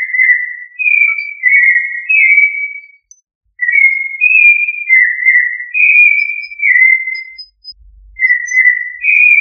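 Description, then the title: Thrush song with steady strings of pure whistled notes sliding up and down, two brief breaks, and a faint low thump near the end. "Familia Turdidae - Sabia"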